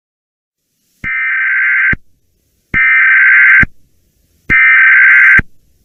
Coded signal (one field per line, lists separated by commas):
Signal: Emergency Alert System (SAME) tones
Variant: header bursts